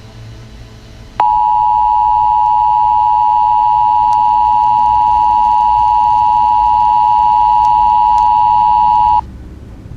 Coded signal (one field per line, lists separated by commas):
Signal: Emergency Alert System (SAME) tones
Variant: 853 and 960 Hz attention tone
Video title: EAS Scenario TikTok